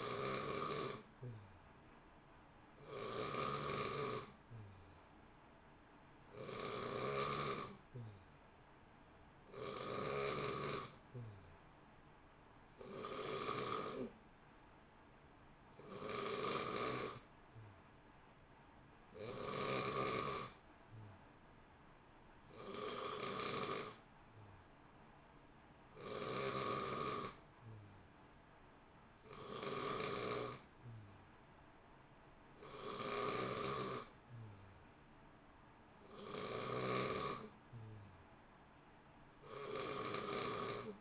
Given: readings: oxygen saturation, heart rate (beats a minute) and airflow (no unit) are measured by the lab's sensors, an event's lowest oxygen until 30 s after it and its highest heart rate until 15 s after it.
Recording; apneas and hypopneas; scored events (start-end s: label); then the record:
breathing in sleep by a voice recorder at the bedside; none
none scored
From the record:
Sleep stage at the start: N3 (deep sleep); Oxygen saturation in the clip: 88 to 91%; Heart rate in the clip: 59 to 63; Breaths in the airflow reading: 12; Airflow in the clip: -0.8 to 0.9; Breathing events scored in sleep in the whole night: 328 in 6.3 hours asleep